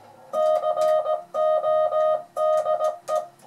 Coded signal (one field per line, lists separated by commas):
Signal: Morse code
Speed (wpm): 17 wpm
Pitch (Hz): 620 Hz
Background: music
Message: CODE